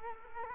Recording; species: mosquito wingbeat signal from an infrared sensor; Culex quinquefasciatus